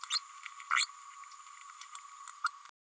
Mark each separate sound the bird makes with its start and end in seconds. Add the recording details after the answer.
0.10-0.19, 0.70-0.86, 2.44-2.49. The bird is a female. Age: 29 days. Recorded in a nest box in Venezuela. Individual 17B102A5